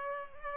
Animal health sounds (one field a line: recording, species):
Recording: mosquito wingbeat signal from an infrared sensor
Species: Culex pipiens